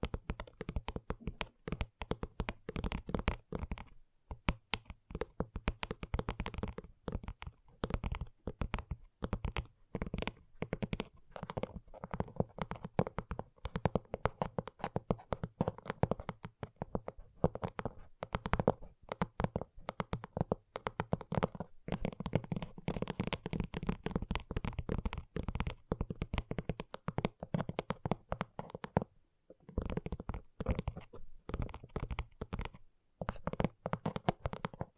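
Gentle tapping goes on almost without pause, soft dense taps in quick irregular bursts, with brief silent gaps near four and thirty seconds.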